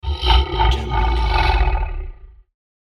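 Lion roar: one deep, rough, rumbling roar lasting a little over two seconds that fades at the end, followed by silence.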